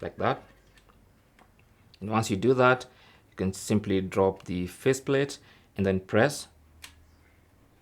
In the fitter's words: And once it clicks in place like that, you're good to go.